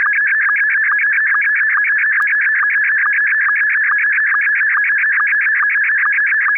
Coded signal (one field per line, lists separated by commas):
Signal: SSTV (slow-scan television)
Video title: RX SSTV Mima perfect blue (loud noise warning)